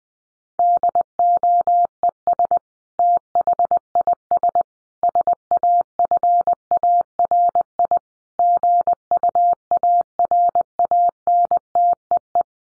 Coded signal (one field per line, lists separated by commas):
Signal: Morse code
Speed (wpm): 20 wpm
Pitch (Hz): 700 Hz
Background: none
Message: DOES THIS SAFARI GUARANTEE